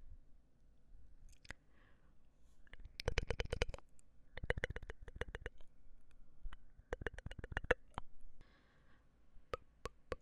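Mouth sounds: sharp wet clicks and smacks, some single and some in quick rattling bursts near three, five and seven seconds, with scattered lone clicks between and toward the end. A faint low murmur runs steadily underneath.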